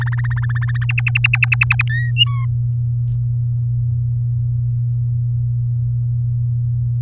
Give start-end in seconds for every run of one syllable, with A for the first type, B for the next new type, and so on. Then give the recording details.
0.00-0.78 A, 0.81-1.82 B, 1.89-2.12 C, 2.16-2.46 D. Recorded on 7 May 2018 at 17:13. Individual llb16